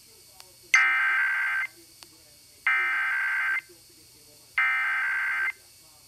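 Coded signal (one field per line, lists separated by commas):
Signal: Emergency Alert System (SAME) tones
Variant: header bursts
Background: speech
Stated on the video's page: Radio station Required Weekly Tests.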